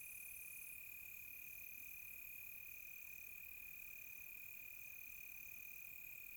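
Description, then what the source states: Crickets give a constant high ringing trill, while a higher tone switches on and off in the background. Crickets recorded close by on a quiet tropical night.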